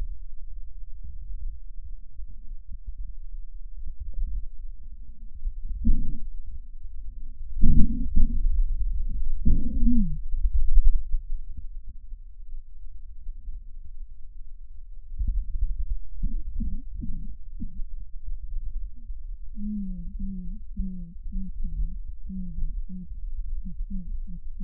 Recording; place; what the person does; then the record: lung sounds by stethoscope; left posterior apical chest; quiet breathing, then cough and speech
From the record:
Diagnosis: asthma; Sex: female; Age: 56 years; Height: 161 cm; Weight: 85 kg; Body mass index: 32.8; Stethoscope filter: bell mode